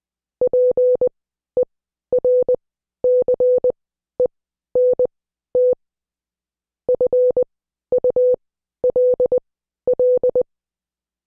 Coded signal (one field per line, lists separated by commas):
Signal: Morse code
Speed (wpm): 20 wpm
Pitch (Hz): 500 Hz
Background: none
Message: PERCENT FULL